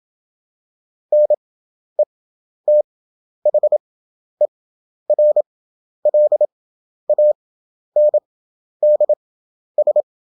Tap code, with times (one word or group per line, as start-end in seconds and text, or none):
none